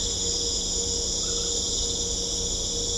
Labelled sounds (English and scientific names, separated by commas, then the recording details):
none
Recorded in secondary vegetation near Puerto Asís, Putumayo, Colombia, on 21 December 2024 at 19:30
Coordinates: 0.500, -76.326
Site G065